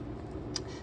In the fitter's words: this particular one slides up and Clicks in place it's solid now so fantastic super stoked